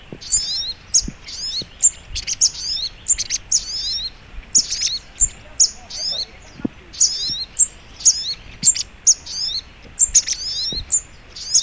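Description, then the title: Little Spiderhunter song: short high, sharp chirped phrases with quick descending flourishes, repeated without pause, with faint low clicks underneath. Training recording (masteran). "Masteran Burung Sogok Ontong Labaik"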